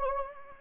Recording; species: mosquito wingbeat signal from an infrared sensor; Anopheles gambiae